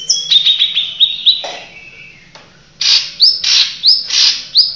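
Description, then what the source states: Oriental magpie-robin opens with a quick trill of repeated whistled notes, pauses, then gives harsh rasping notes each capped by a sharp rising whistle. Chirping song.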